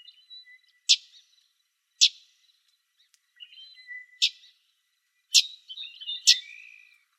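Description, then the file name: Common yellowthroat giving dry, sharp chip calls, five at irregular intervals, with faint thin whistled notes underneath. Calls recorded in Arizona on 4 October 2004. "COYE CALLS deviche 041004"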